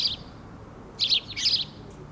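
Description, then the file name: House sparrow giving a few short, scratchy chirps, one at the start and two closer together near the end, with quiet hiss between. "Passer domesticus"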